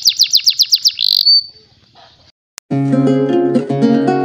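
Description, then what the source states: Canary song: a run of fast, bright repeated chirps and a trill ending in a high sustained note, then a pause and an unrelated low tonal sound. National contest champion canary song, used as a training model for cage birds.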